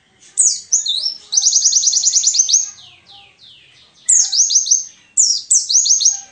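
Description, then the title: A white-eye delivers high sharp chirps followed by a rapid buzzy trill, then softer slurred notes and two more chirp-and-trill phrases. Wild-type ('ngalas') white-eye song filler ('isian') used as a tutor recording (masteran) for training songbirds. "mster Mnuk. Pleci ngalas isian untuk masteran"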